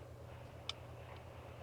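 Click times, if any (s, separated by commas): 0.7 s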